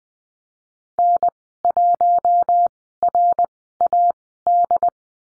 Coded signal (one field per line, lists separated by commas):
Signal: Morse code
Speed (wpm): 20 wpm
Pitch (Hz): 700 Hz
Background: none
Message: N1RAD